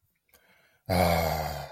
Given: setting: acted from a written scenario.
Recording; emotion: vocal sound without words; ecstasy